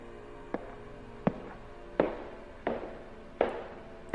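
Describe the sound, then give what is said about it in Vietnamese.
Footsteps climb wooden stairs at night in a slow, steady rhythm, five heavy thuds spaced under a second apart, each with a hollow woody resonance and growing slightly louder, with no talking. “Vừa quay mặt vào tường thì tiếng bước chân lên cầu thang gỗ và tiếng tay vịn lình kình nó lại vang lên.”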